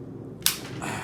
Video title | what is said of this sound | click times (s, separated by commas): M-4 100/200 | right so you push here the click and pull to make sure it's locked in | 0.5 s